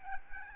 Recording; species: mosquito wingbeat signal from an infrared sensor; Aedes albopictus